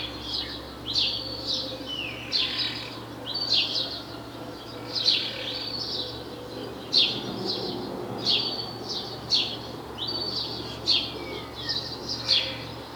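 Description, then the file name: House sparrow chirping, busy overlapping cheeps repeated steadily for the whole stretch, with a faint low hum in the background. "Passer domesticus"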